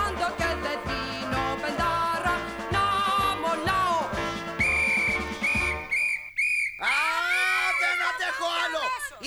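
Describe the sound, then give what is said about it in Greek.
Loud, piercing whistling by a boy, blown through a gap in his teeth: a long steady high note, then wavering, sliding swoops, rising over a busy, noisy background. “Αν ξανακάνεις αυτό το απέσιο σφύριγμα.”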